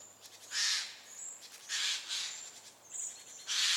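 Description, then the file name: Eurasian jay calling with several loud, hoarse screeches, while other birds add short high thin notes between them. "Garrulus glandarius"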